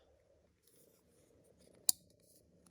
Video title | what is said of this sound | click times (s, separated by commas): DODGE RAM KEY FOB TROUBLESHOOTING & FIX ! | snap it back together make sure it goes into the grooves snap | 1.9 s